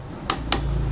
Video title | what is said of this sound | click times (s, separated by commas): LAKAS NG BAGONG CVT SETUP - Honda ADV 160 | So pag narinig niyo nagki-click na yun yun na guys yung torque valley na sinet niyo. | 0.3 s, 0.5 s